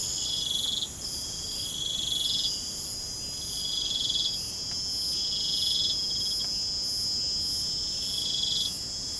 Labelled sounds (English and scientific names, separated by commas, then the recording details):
none
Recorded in pastures near Puerto Asís, Putumayo, Colombia, on 22 June 2025 at 23:00
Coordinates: 0.472, -76.331
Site G095